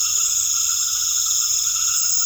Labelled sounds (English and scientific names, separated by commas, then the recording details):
none
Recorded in secondary vegetation near Puerto Asís, Putumayo, Colombia, on 28 February 2025 at 19:00
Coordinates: 0.500, -76.326
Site GP04